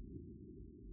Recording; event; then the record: neck accelerometer signal played as sound; no cough (speech, laughter, throat clearing or background)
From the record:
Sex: male